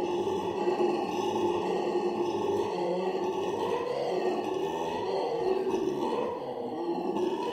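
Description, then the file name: Black-and-gold howler monkey, an unbroken deep throaty roar with rich harmonics, steady in loudness with a small dip near the end. "alouatta caraya"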